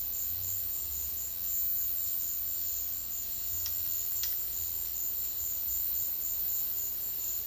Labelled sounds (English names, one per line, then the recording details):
none
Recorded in dense forest near Puerto Asís, Putumayo, Colombia, on 19 February 2024 at 11:30
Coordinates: 0.496, -76.326
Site G6383